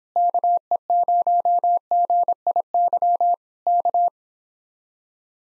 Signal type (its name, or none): Morse code